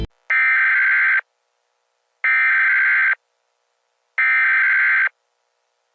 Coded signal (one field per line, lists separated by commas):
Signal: Emergency Alert System (SAME) tones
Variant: header bursts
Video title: EAS Scenario 1: Cartoon Cat (Old and Bad video, stop watching)